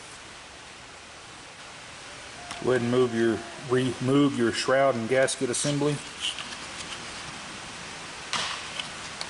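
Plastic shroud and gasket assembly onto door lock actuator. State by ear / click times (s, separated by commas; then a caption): seated / 9.2 s. Someone talks while working on a new door lock actuator module for a 2004–2010 Volkswagen Jetta, then a plastic shroud and gasket assembly is pressed onto it with some handling noise. It snaps into place with a short, sharp click at 9.2 s, and the shroud is seated.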